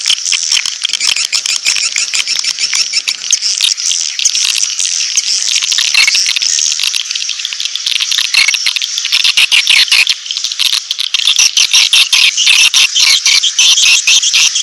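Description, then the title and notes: Swiftlet twittering calls, a dense, continuous chorus of high, buzzy chirps and rapid clicking pulses that keeps going throughout without a break. Swiftlet sound used in swiftlet bird farming in Asia. "Swiflet Bird Sound. Farming Swiflet Bird asia sound"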